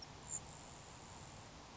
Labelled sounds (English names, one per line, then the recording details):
Grasshopper Sparrow
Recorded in Sonoma County, California